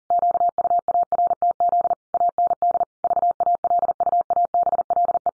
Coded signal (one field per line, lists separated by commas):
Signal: Morse code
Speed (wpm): 40 wpm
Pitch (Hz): 700 Hz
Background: none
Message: QUARTZ AND VALUABLE